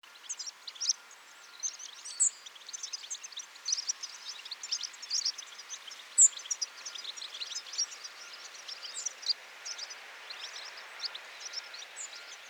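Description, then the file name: European goldfinch calls: dense, continuous high twittering of short chirps and tinkling notes, with a steady faint hum underneath. "Carduelis carduelis"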